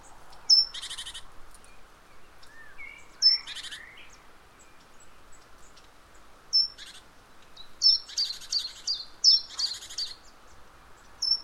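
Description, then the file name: Great tit calls: short high whistled notes joined to harsh buzzy rasping bursts, given in scattered groups with pauses of a second or more between them. "Parus major"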